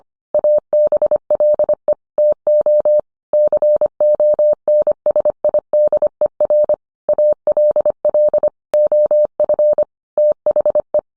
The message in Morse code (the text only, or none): ABLE TO CONSIDER ALL OF THE